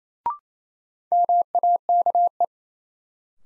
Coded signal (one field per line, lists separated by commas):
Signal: Morse code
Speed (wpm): 28 wpm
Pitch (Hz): 700 Hz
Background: none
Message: MAKE